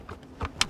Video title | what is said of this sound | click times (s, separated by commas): 2015-2017 Lexus NX Conversion Kit - CarPlay & Android Auto Installation Guide | and click the factory screen into its Clips | 0.6 s